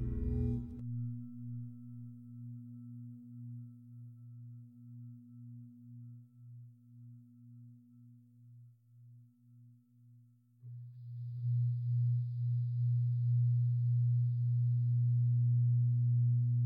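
A Tibetan singing bowl is struck at the start and rings with a low, pulsing hum that wavers steadily as it slowly fades. Just before eleven seconds it is struck again, swelling into a louder, fuller drone with a faint high shimmer above it.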